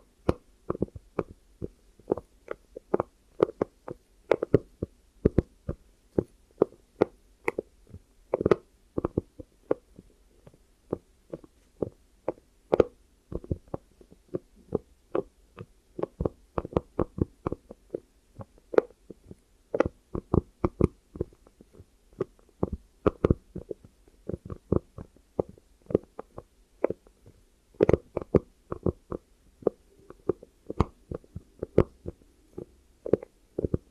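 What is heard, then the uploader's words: Close ear-trigger sounds: a dense stream of short taps, clicks and soft thuds, arriving several per second in irregular clusters throughout. Each hit is sharp and near, with a muffled, low body and brief bright edges, over a very quiet background. ASMR Triggers Over, Under and Inside Your Ears. (No Talking).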